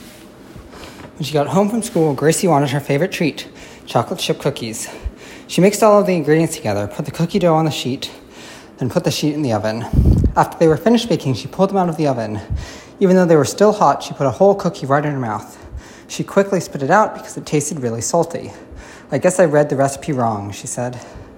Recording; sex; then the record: reading aloud after running; male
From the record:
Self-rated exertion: vigorous exertion (4 of 6); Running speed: 6 miles an hour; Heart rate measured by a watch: 161 beats a minute at the start, 163 at the end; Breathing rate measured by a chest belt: 26 breaths a minute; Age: 21 years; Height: 168 cm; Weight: 61 kg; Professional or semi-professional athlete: no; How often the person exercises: under once a week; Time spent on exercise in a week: 1 to 2 hours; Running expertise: yes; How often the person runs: under once a week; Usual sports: running, hiking, soccer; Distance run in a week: 0 km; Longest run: 10 km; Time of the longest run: 50 minutes